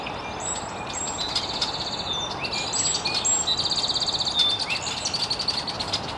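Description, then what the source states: Birds chirping, rapid pulsed trills and thin high whistles from several birds overlapping, with steady background hiss. Chirping very early in the morning in an estuary.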